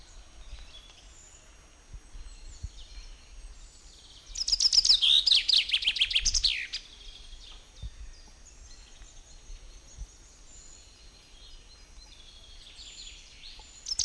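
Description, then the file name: Common chaffinch singing one loud song of rapid notes falling in pitch and ending in a quick flourish, with quiet background bird sounds before and after. "Fringilla coelebs"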